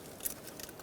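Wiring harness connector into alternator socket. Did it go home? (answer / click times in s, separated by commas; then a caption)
no / none. The lower wiring harness connector is being handled against the plastic connector of the alternator on a 2012-2017 Hyundai Accent 1.6L L4. Faint handling noise includes a brief bright tick at about 0.3 s and softer ticks near 0.6 s. Nothing has seated or clicked in yet.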